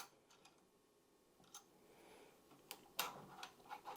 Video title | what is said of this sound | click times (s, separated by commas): Tavor 7, Full disassembly and reassembly | I'm going to switch to the other side since I'm G run out of room for rotation there and we're going to turn it until you hear a click | 2.7 s, 3.0 s